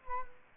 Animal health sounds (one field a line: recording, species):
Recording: mosquito wingbeat signal from an infrared sensor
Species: Culex quinquefasciatus